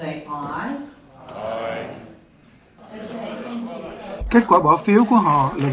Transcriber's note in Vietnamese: vỗ tay